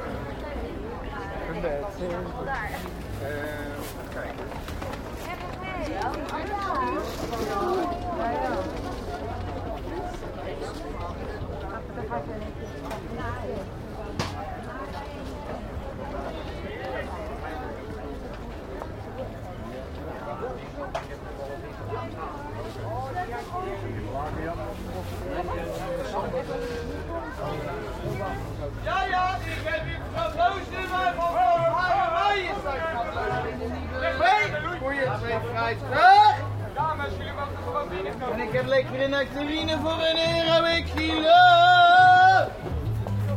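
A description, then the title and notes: Busy city square with a steady wash of overlapping voices, people talking throughout. Low traffic rumble sits underneath, and toward the end a few voices rise louder, with brighter, sharper sounds cutting in around the last few seconds. En Plein Publiek #1 - Binnerotte. The four pieces are based on sound recordings of other squares in the city of Rotterdam, made during the summer of 2011.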